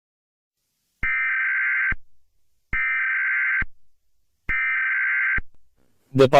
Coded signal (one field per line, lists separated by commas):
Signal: Emergency Alert System (SAME) tones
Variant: header bursts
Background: speech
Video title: rating basic eas alarms! part 1